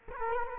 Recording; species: mosquito wingbeat signal from an infrared sensor; Culex quinquefasciatus